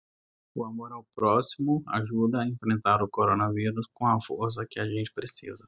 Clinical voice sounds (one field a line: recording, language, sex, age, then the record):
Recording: spoken sentence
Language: Brazilian Portuguese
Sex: male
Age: 40 to 49 years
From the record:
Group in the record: control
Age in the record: 41 years